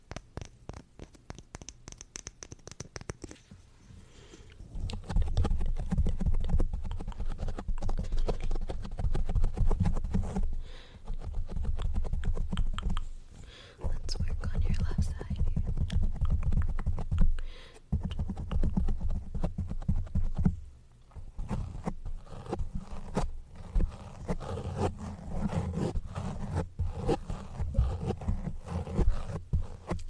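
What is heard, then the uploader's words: Rough scratching fills the recording, made of dense, rapid crackles and ticks over a heavy low rumble. It starts lighter for the first few seconds, then turns loud and grinding in long bursts broken by brief pauses near 5, 11, 14, 18 and 21 seconds. Lots of scratching and rough textures.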